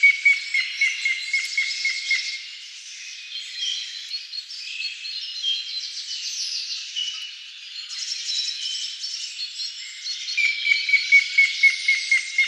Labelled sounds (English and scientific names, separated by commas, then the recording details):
Grey-headed Woodpecker (Picus canus) song
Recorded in the wild
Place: Lilienhof / Kaiserstuhl, Baden-Württemberg, DE
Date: 2009-04-13
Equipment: MiniDisc Sharp MT 20 H
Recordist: Schwarz, Dieter